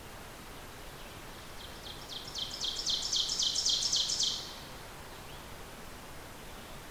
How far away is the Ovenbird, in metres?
about 30 m